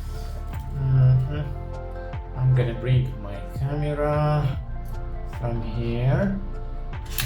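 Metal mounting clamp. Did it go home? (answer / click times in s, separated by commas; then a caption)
yes / 7.2 s. A camera on its quick-release plate is slid into the mounting clamp of a DJI RS4 Mini gimbal while someone talks over background music. A sharp click at 7.2 s marks the plate seating in the right place. The clamp lever has not yet been closed to lock it.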